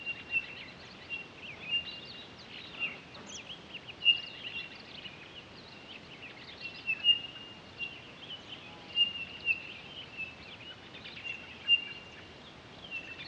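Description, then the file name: Townsend's solitaire: level, pure high whistles spaced one to three seconds apart throughout. Recorded 23 October 2011. "20111023 townsends-solitaire"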